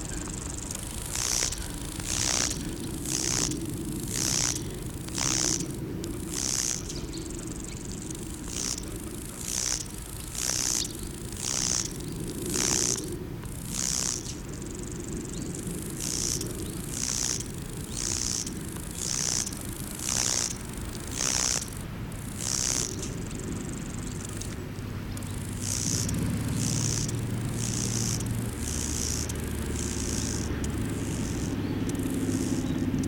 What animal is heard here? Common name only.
Lesser Marsh Grasshopper